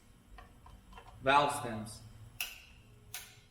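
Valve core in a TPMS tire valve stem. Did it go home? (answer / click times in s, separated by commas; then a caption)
yes / 2.4 s, 3.1 s. A valve core is tightened into a TPMS tire valve stem with a special preset torque tool while someone talks. The tool gives two sharp clicks at 2.4 s and 3.1 s as it reaches its torque limit, confirming the core is torqued to setting.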